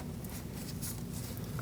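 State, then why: Not seated. A transmission cooler line's quick-connect fitting on a 2006-2011 Chevrolet HHR 2.4L L4 is lined up in its slot at the radiator/transmission connection before being pushed on. Only faint, quiet handling sounds are heard, with small ticks around 0.3, 1.4 and 1.6 seconds. Nothing has seated or clicked yet.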